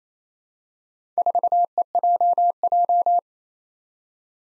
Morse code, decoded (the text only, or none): 4EJJ